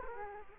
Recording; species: mosquito wingbeat signal from an infrared sensor; Culex quinquefasciatus